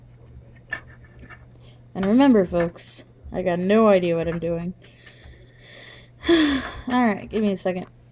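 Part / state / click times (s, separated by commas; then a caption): motherboard I/O shield into computer case rear opening / not seated / none. A metal rear I/O shield plate for a motherboard is handled at the back opening of a PC case, with a brief sharp tap near 0.7 s. Someone talks throughout over a steady low hum. Nothing has seated or clicked into the case yet.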